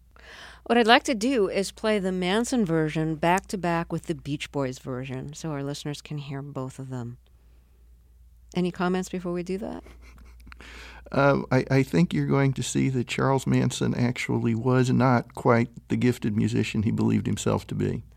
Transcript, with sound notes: What I'd like to do is play the Manson version back to back with the Beach Boys version so our listeners can hear both of them. Any comments before we do that?
(Laughing) I think you're going to see that Charles Manson actually was not quite the gifted musician he believed himself to be.